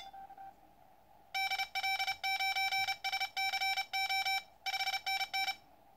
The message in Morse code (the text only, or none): DL9SCO 5NN